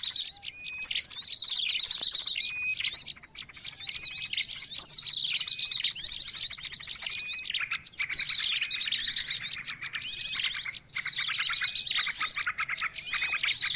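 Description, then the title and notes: Bird chatter, crowded: constant high chirps, rapid trills recurring throughout, and short flat whistled notes, with a few brief dips. Noisy mix of bird calls used as a lure (pikat). "Burung Ribut Pikat"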